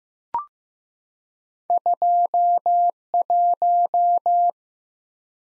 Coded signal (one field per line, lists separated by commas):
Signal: Morse code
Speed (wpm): 15 wpm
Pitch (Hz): 700 Hz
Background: none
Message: 21